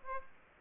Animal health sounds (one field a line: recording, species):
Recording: mosquito wingbeat signal from an infrared sensor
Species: Aedes aegypti